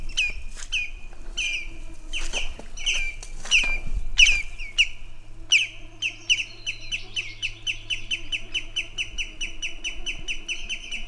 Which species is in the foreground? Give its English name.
Common Greenshank